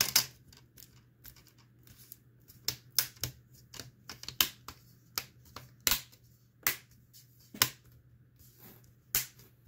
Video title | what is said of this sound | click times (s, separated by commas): Laptop screen replacement How to replace screen on Lenovo Thinkpad x240 | hear them click once they're in, and then just work your way up. | 0.0 s, 3.0 s, 4.4 s, 5.9 s, 7.6 s